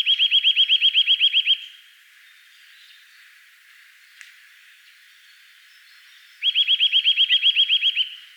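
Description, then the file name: Eurasian nuthatch delivering a rapid series of ringing, rising notes, then silence with a single click, then another trill of about a dozen notes. "Sitta europaea"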